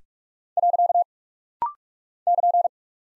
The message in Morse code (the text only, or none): . <KN>